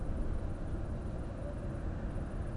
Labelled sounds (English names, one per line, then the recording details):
none
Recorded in Germany
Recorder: ecoPi